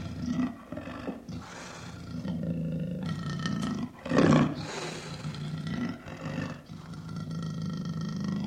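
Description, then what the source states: Leopard roars and growls, low rasping bursts with a loud roar near four seconds. Leopard roaring and growling in a cage.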